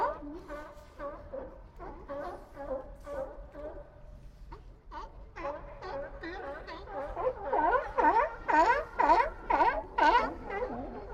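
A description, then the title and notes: At Old Fisherman's Wharf in Monterey Bay, an animal barks in a steady run of hoarse, honking calls, about two per second. The barks grow louder, higher and more urgent after the midpoint, over a faint low rumble. Old Fisherman's Wharf - Monterey Bay, CA. Zoom H6 XY Stereo Mic Capsule. Magnetic Microphone Mounts.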